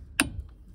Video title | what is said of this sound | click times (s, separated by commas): Ifor Williams trailer brake shoe replacement hb505 hb510 | you can hear that clicking off | 0.2 s